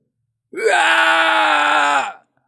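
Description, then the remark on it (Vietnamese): A monstrous eyeball creature, pierced by a rusty broken spear, lets out a single loud, sustained scream of pain, harsh and strained with a rising onset, holding steady for about a second and a half before cutting off. “Tròng mắt hét lớn, máu tươi không ngừng ứa ra, toàn thân càng thêm cháy đen, tựa như gặp phải đòn đánh nghiêm trọng.”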